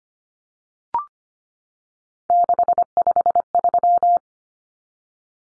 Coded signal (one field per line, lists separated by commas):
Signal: Morse code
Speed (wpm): 25 wpm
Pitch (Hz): 700 Hz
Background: none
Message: 653